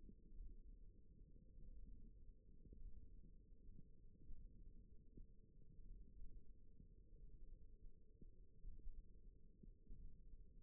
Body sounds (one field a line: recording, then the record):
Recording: forearm muscle sounds (acoustic myography)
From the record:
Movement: thumb flexion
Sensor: system 1, eight BSWA MPA416 microphones around the upper forearm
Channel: 1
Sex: female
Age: 20 years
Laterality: right